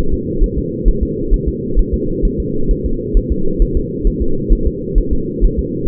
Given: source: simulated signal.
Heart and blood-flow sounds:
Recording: fetal heart sounds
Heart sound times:
0.14 s: S2
0.44 s: S1
0.58 s: S2
0.88 s: S1
1.03 s: S2
1.33 s: S1
1.48 s: S2
1.79 s: S1
1.94 s: S2
2.25 s: S1
2.40 s: S2
2.71 s: S1
2.86 s: S2
3.17 s: S1
3.32 s: S2
3.62 s: S1
3.77 s: S2
4.07 s: S1
4.22 s: S2
4.52 s: S1
4.67 s: S2
4.98 s: S1
5.13 s: S2
5.44 s: S1
5.59 s: S2
From the record:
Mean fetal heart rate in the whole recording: 130 bpm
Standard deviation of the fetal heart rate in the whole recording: 4 bpm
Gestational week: 38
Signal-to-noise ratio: -8.1 dB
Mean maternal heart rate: 72 bpm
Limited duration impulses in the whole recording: present

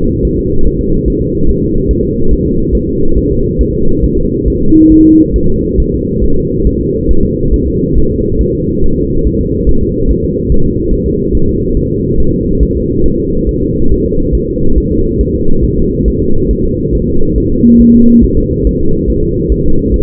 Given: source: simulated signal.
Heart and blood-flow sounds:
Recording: fetal heart sounds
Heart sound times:
0.25 s: S1
0.39 s: S2
0.67 s: S1
0.81 s: S2
1.08 s: S1
1.22 s: S2
1.49 s: S1
1.63 s: S2
1.91 s: S1
2.05 s: S2
2.32 s: S1
2.46 s: S2
2.75 s: S1
2.89 s: S2
3.18 s: S1
3.32 s: S2
3.61 s: S1
3.75 s: S2
4.04 s: S1
4.18 s: S2
4.48 s: S1
4.62 s: S2
4.92 s: S1
5.06 s: S2
5.36 s: S1
5.50 s: S2
5.80 s: S1
5.94 s: S2
6.24 s: S1
6.38 s: S2
6.67 s: S1
6.81 s: S2
7.11 s: S1
7.25 s: S2
7.54 s: S1
7.68 s: S2
7.97 s: S1
8.11 s: S2
8.41 s: S1
8.55 s: S2
8.84 s: S1
8.98 s: S2
9.27 s: S1
9.41 s: S2
9.69 s: S1
9.83 s: S2
10.11 s: S1
10.25 s: S2
10.52 s: S1
10.66 s: S2
10.93 s: S1
11.07 s: S2
11.35 s: S1
11.49 s: S2
11.77 s: S1
11.91 s: S2
12.20 s: S1
12.34 s: S2
12.63 s: S1
12.77 s: S2
13.06 s: S1
13.20 s: S2
13.49 s: S1
13.63 s: S2
13.92 s: S1
14.06 s: S2
14.35 s: S1
14.49 s: S2
14.78 s: S1
14.92 s: S2
15.21 s: S1
15.35 s: S2
15.64 s: S1
15.79 s: S2
16.08 s: S1
16.22 s: S2
16.51 s: S1
16.65 s: S2
16.95 s: S1
17.09 s: S2
17.38 s: S1
17.52 s: S2
17.81 s: S1
17.95 s: S2
18.24 s: S1
18.38 s: S2
18.67 s: S1
18.81 s: S2
19.10 s: S1
19.24 s: S2
19.52 s: S1
19.66 s: S2
19.94 s: S1
From the record:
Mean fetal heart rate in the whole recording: 140 bpm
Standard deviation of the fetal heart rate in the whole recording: 2 bpm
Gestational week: 34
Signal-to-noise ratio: -19.1 dB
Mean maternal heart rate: 72 bpm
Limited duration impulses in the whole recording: present

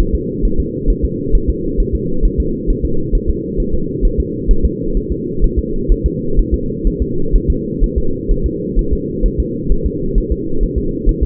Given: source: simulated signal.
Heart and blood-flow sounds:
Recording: fetal heart sounds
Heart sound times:
0.00 s: S1
0.14 s: S2
0.45 s: S1
0.60 s: S2
0.90 s: S1
1.05 s: S2
1.35 s: S1
1.50 s: S2
1.80 s: S1
1.95 s: S2
2.25 s: S1
2.40 s: S2
2.70 s: S1
2.85 s: S2
3.15 s: S1
3.29 s: S2
3.60 s: S1
3.74 s: S2
4.05 s: S1
4.20 s: S2
4.51 s: S1
4.65 s: S2
4.97 s: S1
5.12 s: S2
5.44 s: S1
5.59 s: S2
5.92 s: S1
6.06 s: S2
6.39 s: S1
6.54 s: S2
6.87 s: S1
7.02 s: S2
7.35 s: S1
7.50 s: S2
7.84 s: S1
7.98 s: S2
8.31 s: S1
8.46 s: S2
8.79 s: S1
8.93 s: S2
9.26 s: S1
9.40 s: S2
9.72 s: S1
9.86 s: S2
10.18 s: S1
10.32 s: S2
10.63 s: S1
10.78 s: S2
11.09 s: S1
11.23 s: S2
From the record:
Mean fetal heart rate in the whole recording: 130 bpm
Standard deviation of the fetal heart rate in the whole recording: 4 bpm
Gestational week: 38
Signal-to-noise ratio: -8.1 dB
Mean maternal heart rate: 72 bpm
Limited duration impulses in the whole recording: absent

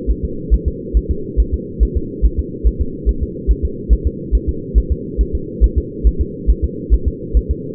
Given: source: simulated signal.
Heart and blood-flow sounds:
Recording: fetal heart sounds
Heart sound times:
0.11 s: S1
0.25 s: S2
0.54 s: S1
0.68 s: S2
0.97 s: S1
1.11 s: S2
1.40 s: S1
1.54 s: S2
1.83 s: S1
1.97 s: S2
2.25 s: S1
2.40 s: S2
2.67 s: S1
2.81 s: S2
3.09 s: S1
3.23 s: S2
3.51 s: S1
3.65 s: S2
3.93 s: S1
4.07 s: S2
4.35 s: S1
4.49 s: S2
4.78 s: S1
4.92 s: S2
5.21 s: S1
5.35 s: S2
5.64 s: S1
5.78 s: S2
6.07 s: S1
6.21 s: S2
6.50 s: S1
6.64 s: S2
6.94 s: S1
7.08 s: S2
7.37 s: S1
7.51 s: S2
From the record:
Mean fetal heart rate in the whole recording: 140 bpm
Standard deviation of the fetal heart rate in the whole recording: 2 bpm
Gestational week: 34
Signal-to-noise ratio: -4.3 dB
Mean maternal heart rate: 72 bpm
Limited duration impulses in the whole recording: absent

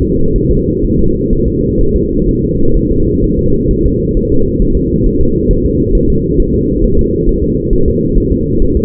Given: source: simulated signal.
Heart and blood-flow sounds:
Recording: fetal heart sounds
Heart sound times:
0.02 s: S2
0.36 s: S1
0.51 s: S2
0.84 s: S1
0.99 s: S2
1.33 s: S1
1.48 s: S2
1.81 s: S1
1.96 s: S2
2.29 s: S1
2.44 s: S2
2.76 s: S1
2.91 s: S2
3.24 s: S1
3.39 s: S2
3.71 s: S1
3.86 s: S2
4.17 s: S1
4.32 s: S2
4.62 s: S1
4.77 s: S2
5.06 s: S1
5.21 s: S2
5.51 s: S1
5.66 s: S2
5.95 s: S1
6.10 s: S2
6.40 s: S1
6.54 s: S2
6.84 s: S1
6.99 s: S2
7.29 s: S1
7.44 s: S2
7.73 s: S1
7.88 s: S2
8.18 s: S1
8.32 s: S2
8.62 s: S1
8.77 s: S2
From the record:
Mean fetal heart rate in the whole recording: 130 bpm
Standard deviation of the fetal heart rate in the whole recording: 4 bpm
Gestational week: 38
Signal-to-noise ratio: -16.4 dB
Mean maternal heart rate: 72 bpm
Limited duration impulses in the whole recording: present

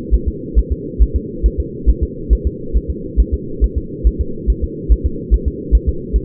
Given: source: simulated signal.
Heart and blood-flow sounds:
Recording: fetal heart sounds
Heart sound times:
0.14 s: S1
0.28 s: S2
0.59 s: S1
0.72 s: S2
1.02 s: S1
1.16 s: S2
1.46 s: S1
1.60 s: S2
1.90 s: S1
2.03 s: S2
2.33 s: S1
2.47 s: S2
2.77 s: S1
2.90 s: S2
3.20 s: S1
3.34 s: S2
3.64 s: S1
3.78 s: S2
4.07 s: S1
4.21 s: S2
4.50 s: S1
4.64 s: S2
4.92 s: S1
5.06 s: S2
5.34 s: S1
5.48 s: S2
5.75 s: S1
5.89 s: S2
6.16 s: S1
From the record:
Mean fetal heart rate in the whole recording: 140 bpm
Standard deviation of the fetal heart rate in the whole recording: 2 bpm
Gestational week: 34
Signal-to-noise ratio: -4.3 dB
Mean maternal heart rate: 72 bpm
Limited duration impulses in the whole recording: present

